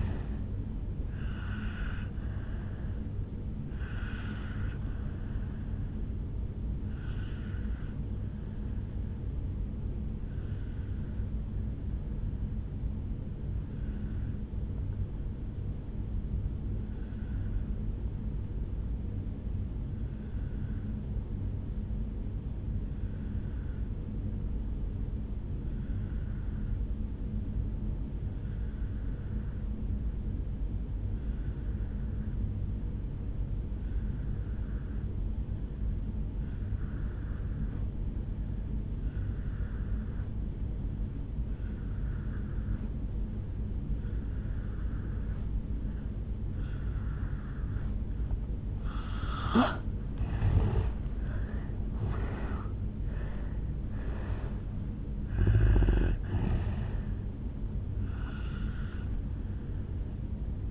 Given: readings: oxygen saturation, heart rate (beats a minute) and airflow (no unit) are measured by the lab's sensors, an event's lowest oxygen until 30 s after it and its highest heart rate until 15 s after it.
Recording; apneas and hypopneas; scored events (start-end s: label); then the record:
breathing in sleep by a smartphone at the bedside; 1
8.00-49.40 s: obstructive apnea (N2, oxygen 97% highest, then 83% lowest, heart rate 61 at the start, 76 highest)
40.00-60.71 s: new sleep stage, N1 (lightest sleep)
From the record:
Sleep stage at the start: N2 (light sleep); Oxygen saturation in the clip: 83 to 97%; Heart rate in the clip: 54 to 76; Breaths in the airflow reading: 4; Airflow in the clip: -9.7 to 6.5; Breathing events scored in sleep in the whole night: 449 in 7.0 hours asleep